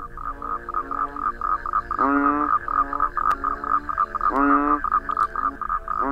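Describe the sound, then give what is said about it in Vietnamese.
At night, outside the back of a house, a steady chorus of distant frogs croaks in rapid, pulsing trills, broken twice by louder, drawn-out warbling calls that rise above the rest. “Tiếng ếch nhái đằng xa xa nghe đến não cả ruột.”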